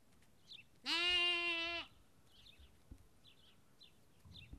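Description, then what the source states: Sheep: lamb bleating once, a single steady harmonic-rich bleat of about one second, followed by faint high chirping birds in the background. Lamb at Kakopetria, Cyprus.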